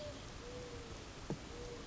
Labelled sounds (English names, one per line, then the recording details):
Mourning Dove
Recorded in Sonoma County, California